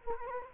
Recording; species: mosquito wingbeat signal from an infrared sensor; Culex quinquefasciatus